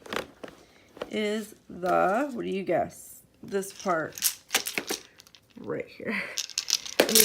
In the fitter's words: But it doesn't snap in all the way.